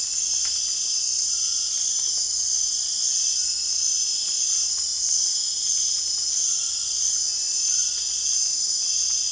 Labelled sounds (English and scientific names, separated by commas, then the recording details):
none
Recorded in dense forest near Puerto Asís, Putumayo, Colombia, on 27 June 2025 at 19:30
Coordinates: 0.468, -76.322
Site GP03